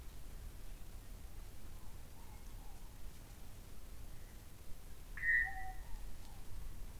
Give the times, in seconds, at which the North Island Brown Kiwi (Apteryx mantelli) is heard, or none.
none